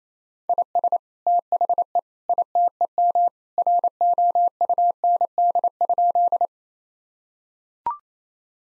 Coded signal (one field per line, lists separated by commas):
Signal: Morse code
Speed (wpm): 28 wpm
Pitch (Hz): 700 Hz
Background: none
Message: IS THE ITEM ROUND?